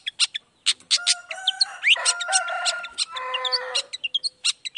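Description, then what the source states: Long-tailed shrike song: sharp, rapid clicking notes mixed with harsh, drawn-out nasal phrases. One bright rising whistle appears near the two-second mark. Cendet in full 'gacor' song in the morning, 'toet toet' sound variation; played once to make other shrikes respond quickly and agitatedly.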